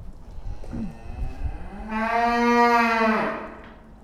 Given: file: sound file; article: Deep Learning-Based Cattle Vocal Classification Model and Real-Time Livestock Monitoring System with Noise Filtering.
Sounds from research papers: cattle; food anticipating call

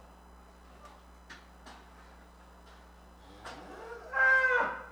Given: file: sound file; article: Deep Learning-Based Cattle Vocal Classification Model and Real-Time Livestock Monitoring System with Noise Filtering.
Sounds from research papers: cattle; normal call

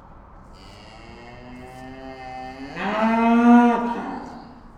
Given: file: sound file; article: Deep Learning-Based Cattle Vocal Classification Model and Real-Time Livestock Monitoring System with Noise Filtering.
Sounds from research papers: cattle; estrus call

